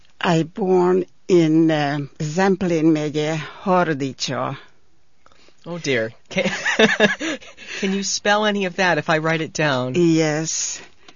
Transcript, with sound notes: I born in Zemplen Megze, Hardicsa. ( he laughs )
Can you spell any of that if I write it down?
Yes.